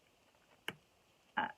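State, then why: Seated. A paper pocket flap on a handmade folio page is closed, and a magnet hidden inside pulls it shut; the magnet was added so the flap stops flipping up. Two sharp clicks are heard at 0.7 s and 1.4 s against a quiet background. The flap snaps shut and stays seated.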